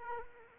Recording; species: mosquito wingbeat signal from an infrared sensor; Culex quinquefasciatus